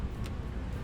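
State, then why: Released. A brake lock fitted on the brake lever of an ADV 160 motor scooter is released by pressing its release button, since the hydraulic brakes should not stay locked. A single short click sounds at 0.3 s over a steady low rumble, and the lock comes free.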